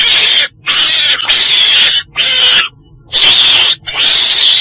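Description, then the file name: Weasel giving rough, hissing squeals in a handful of bursts, with one longer pause midway. Black weasel (chồn đen) calling. "tieng chon den keu"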